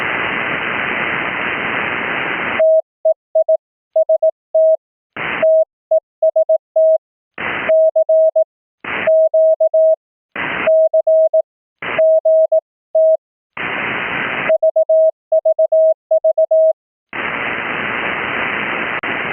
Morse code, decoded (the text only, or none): TEIST TEST CQ C GT VVV